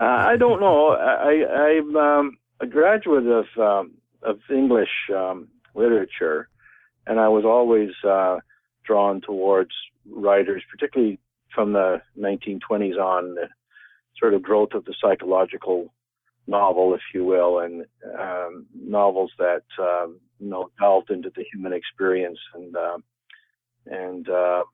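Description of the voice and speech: An adult man who has a stutter speaks in a low voice with frequent pauses, drawn-out sounds ('a…', 'of…', 'the…', 'and…') and a repeated 'I, I'. The phrasing moves forward haltingly, with mild prolongations and hesitations typical of stuttering.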